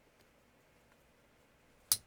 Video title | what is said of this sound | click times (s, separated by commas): Railroad Pocket Watch Showcase - Opening, Setting Lever Set, Opening Swing-Out | you pull the stem out hear that click like | 1.9 s